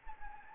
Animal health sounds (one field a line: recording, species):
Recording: mosquito wingbeat signal from an infrared sensor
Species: Anopheles gambiae